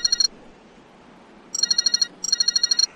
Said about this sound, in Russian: В кармане у него задребезжал телефон.